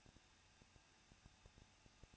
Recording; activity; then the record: daily activity, microphone in the room; no activity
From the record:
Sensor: 2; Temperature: 21.0 degrees Celsius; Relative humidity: 37.3%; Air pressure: 1006.2 hPa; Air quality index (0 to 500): 221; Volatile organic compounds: 23 ppm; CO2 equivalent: 2797 ppm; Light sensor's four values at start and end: 2/3/2/2 and 2/3/2/2